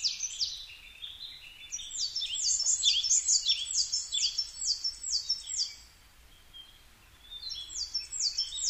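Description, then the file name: Coal tit repeating a fast, high, see-sawing two-note phrase in a long run, pausing briefly, then starting again. Recorded 22 May 2010 at 17:33. "higara 20100522 1733"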